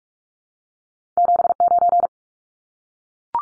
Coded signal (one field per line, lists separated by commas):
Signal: Morse code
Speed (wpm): 44 wpm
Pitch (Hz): 700 Hz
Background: none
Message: 79